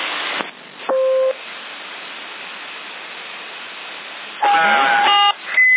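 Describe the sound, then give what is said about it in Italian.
Steady radio static hiss broken by electronic beep tones from a CB radio transmission in Sassari: a short two-note beep early on, then a longer buzzy tone near the end followed by a brief high chirp. “Tu sei col BIP?”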